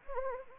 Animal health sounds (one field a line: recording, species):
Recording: mosquito wingbeat signal from an infrared sensor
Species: Anopheles arabiensis